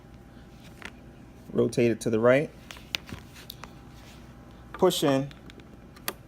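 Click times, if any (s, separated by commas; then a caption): 6.1 s. A locking power cord connector, its button turned to the three o'clock position, is pushed into the power port of an audio receiver. Someone talks, then a few faint ticks are heard, and a sharp click at 6.1 s marks the connector seating and locking in place.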